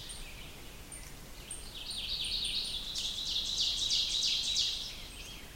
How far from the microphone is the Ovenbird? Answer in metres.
about 50 m